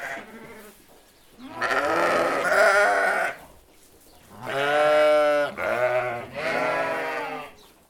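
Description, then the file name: Sheep bleating: a faint call, then several strong quavering bleats. A flock of sheep bleating "be be be". "tieng bay cuu keu be be be"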